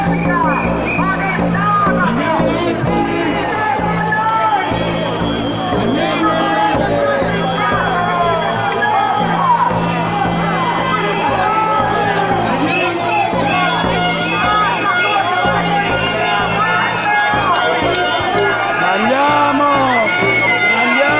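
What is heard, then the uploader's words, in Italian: A protest march in the street, with a dense crowd of voices talking and shouting over one another. The noise stays loud and steady throughout, with scattered raised calls and a few thin, high whistle-like tones in the second half. Cittadini liberi si distaccano dal corteo prestabilito.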